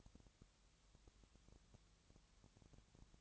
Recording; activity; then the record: daily activity, microphone in the room; no activity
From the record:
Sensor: 3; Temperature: 20.6 degrees Celsius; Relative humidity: 34.7%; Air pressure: 1007.2 hPa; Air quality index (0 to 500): 137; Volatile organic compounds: 3 ppm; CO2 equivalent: 1527 ppm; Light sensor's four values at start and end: 2/3/2/2 and 2/3/2/2